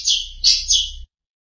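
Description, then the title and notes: Long-tailed Shrike giving three harsh, buzzy notes over a faint low hum. "Pentet 201703. Suara burung pentet"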